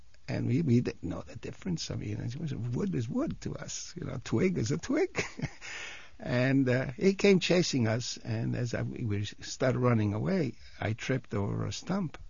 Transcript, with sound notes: And we didn't know the difference, I mean, wood is wood to us. You know, a twig is a twig. (he laughs) And he came chasing us, and as I, we started running away I tripped over a stump.